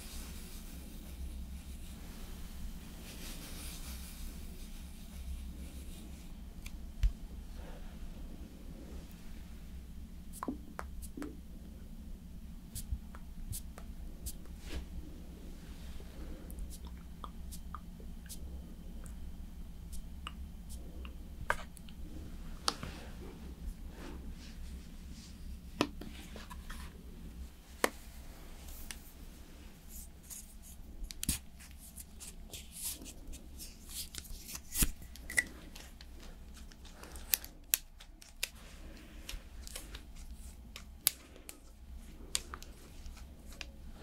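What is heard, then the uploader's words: Someone slowly doing makeup up close, with soft taps, brushes and small clicks scattered over a steady low hum. The sharp clicks and taps come every few seconds, growing more frequent after about 30 seconds, with faint murmured speech at times. Slowly Doing Your Makeup with Personal Attention.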